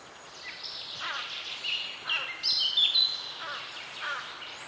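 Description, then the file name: Common chaffinch song, faint phrases of high notes over a steady background hiss. "Fringilla coelebs"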